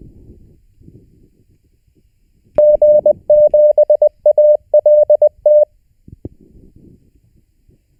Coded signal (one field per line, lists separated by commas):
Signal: Morse code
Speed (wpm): 20 wpm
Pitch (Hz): 600 Hz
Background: none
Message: G7ALT